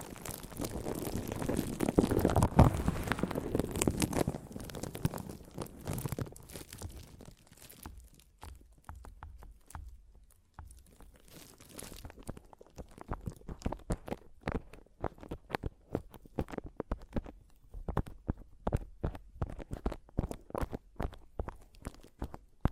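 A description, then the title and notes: Mic scratching and rubbing, a dense rough burst in the first seven seconds, then sharp irregular taps and clicks continuing to the end. ASMR Mic Tapping and Scratching (No Talking).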